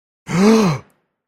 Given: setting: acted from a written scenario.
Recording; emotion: vocal sound without words; negative surprise